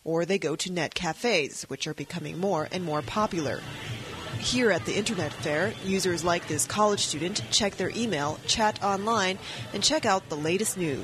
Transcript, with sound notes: Or, they go to Net cafes, which are becoming more and more popular. [The sound of a clacking keyboard and people talking at an Internet café.] Here at the Internet Fair, users like this college student check their e-mail, chat online, and check out the latest news.